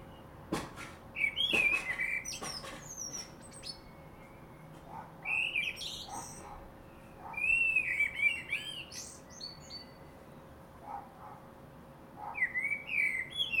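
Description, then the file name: Common blackbird singing several mellow warbled phrases with high squeaky endings, preceded by a few sharp clicks, with pauses between phrases and a faint hum behind. "Turdus merula"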